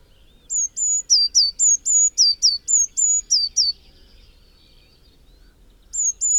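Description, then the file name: Eurasian Blue Tit giving a quick string of bright, high, down-slurred notes for about three seconds. After a silence, a few more notes begin. "Cyanistes caeruleus"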